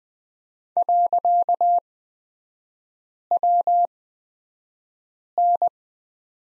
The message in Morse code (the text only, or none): .WN